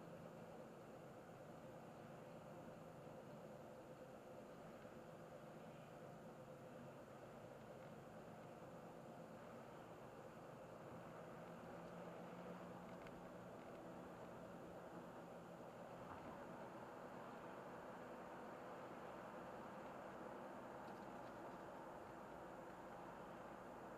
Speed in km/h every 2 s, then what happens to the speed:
60, 59, 60, 60, 62, 65, 66, 65, 67, 70, 70, 70.
0-7 steady at about 60. 7-11 speeds up to 66. 11-24 steady at about 67.